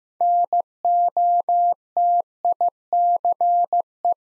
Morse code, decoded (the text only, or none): NOTICE